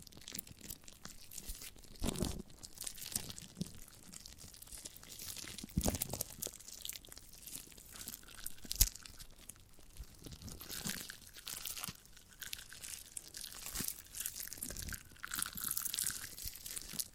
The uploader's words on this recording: ASMR of a Giant Gummy Bear (No Talking).